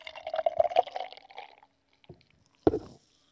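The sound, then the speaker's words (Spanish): Estrella Galicia 1906 Reserva Especial beer pours with a bubbling, fizzy rush for about a second and a half, then goes quiet, followed by a faint knock and a sharper clunk near the end. “A mí por ese sonido burbujeante podía parecer una Coca-Cola también, ¿eh?”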